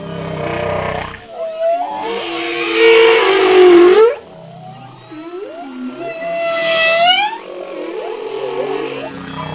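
Humpback whale song: groaning moans, then a loud rising wail and a high squealing unit with rapid pulses.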